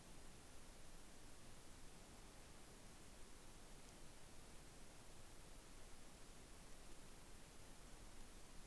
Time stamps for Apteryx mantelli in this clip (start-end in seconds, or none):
none